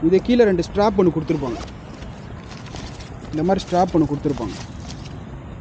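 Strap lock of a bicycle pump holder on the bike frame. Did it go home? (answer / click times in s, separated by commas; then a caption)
no / none. Someone talks while handling the strap that fastens a mini bicycle foot pump holder to the bike frame, with quiet handling noise between the speech. The strap lock has not yet engaged, and nothing has seated or clicked.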